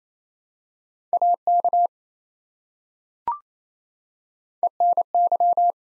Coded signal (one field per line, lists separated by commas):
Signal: Morse code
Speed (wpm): 28 wpm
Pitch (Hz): 700 Hz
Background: none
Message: AK ENY